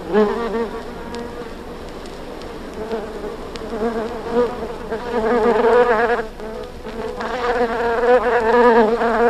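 Bumblebee hum, a continuous low buzz with wavering pitch, growing louder over the second half.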